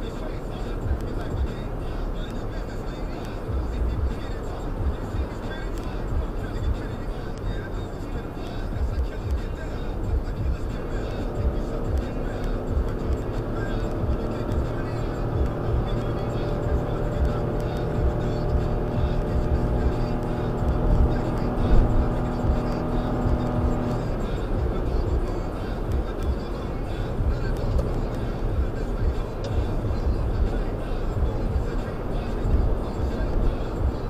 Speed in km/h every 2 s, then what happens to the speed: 98, 98, 95, 93, 92, 90, 97, 103, 106, 106, 109, 109, 109, 109, 111, 111, 111.
0-10 slows to 90. 10-16 speeds up to 106. 16-34 steady at about 109.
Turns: none.